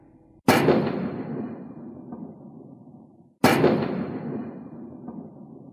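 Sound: grenade explosions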